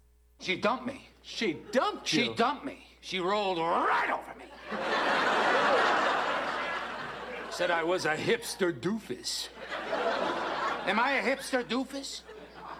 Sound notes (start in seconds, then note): 4.6 laughter; 9.5 laughter